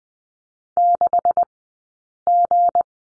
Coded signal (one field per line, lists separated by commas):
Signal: Morse code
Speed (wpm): 20 wpm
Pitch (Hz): 700 Hz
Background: none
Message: 6G